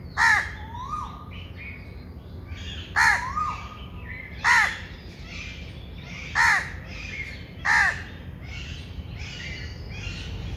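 Bird gives repeated harsh caws every few seconds. Two sliding whistles come early, and soft chatter follows later.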